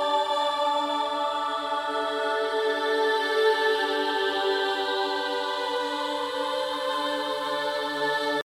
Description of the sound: Sound oasis tinnitus therapy 4 2k 8k.